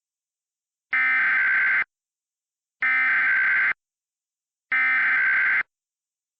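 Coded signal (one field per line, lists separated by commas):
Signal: Emergency Alert System (SAME) tones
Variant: header bursts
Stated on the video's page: Mock EAS scenario.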